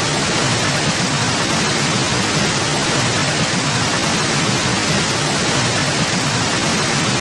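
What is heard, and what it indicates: A simulated tinnitus static tone: a steady, unbroken broadband hiss like static noise, spread evenly from low frequencies up to about 10 kHz, with constant loudness throughout.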